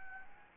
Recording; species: mosquito wingbeat signal from an infrared sensor; Anopheles gambiae